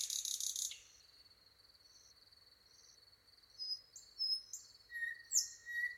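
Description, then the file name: Common nightingale sings a brief harsh burst, then a series of spaced high notes, followed by quick varied whistles and a steady lower whistled tone. "Luscinia megarhynchos"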